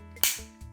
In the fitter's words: ça se fait tout naturellement et ensuite on vient juste verrouiller là jusqu'au clic